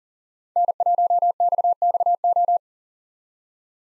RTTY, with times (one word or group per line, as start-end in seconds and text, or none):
none